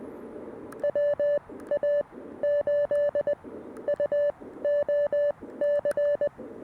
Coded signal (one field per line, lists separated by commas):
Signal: Morse code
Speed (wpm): 20 wpm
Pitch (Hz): 590 Hz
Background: none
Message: WA8UOC